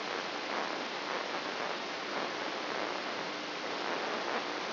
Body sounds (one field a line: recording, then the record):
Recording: brain microelectrode recording played as sound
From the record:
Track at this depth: outside the subthalamic nucleus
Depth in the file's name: 7.46 mm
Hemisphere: left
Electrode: 3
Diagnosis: Parkinson's disease